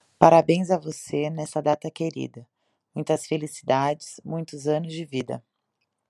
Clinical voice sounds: short text; Brazilian Portuguese; female; 20 to 29 years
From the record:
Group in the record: control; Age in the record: 29 years

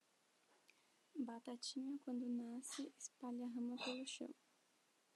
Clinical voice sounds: short text; Brazilian Portuguese; female; 20 to 29 years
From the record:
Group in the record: control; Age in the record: 20 years

